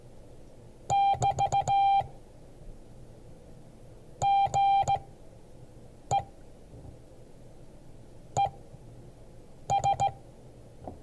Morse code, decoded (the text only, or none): <BT> GE ES